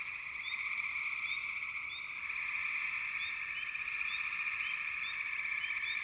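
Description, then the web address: Frog chorus, a steady high trill beneath short rising chirps repeated throughout. "Sleep Sounds of Nature FROGS Frog Chourus"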